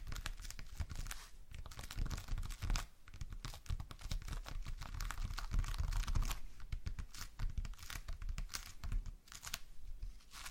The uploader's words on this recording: ASMR SLIME No Talking Satisfying slime Sounds.